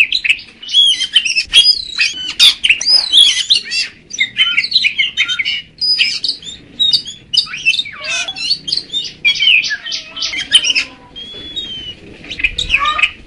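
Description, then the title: Magpie-robin song, a long rich medley of whistles, squawky notes and buzzy trills, with occasional clear drawn-out whistled tones and slurred descending phrases. "Kacer"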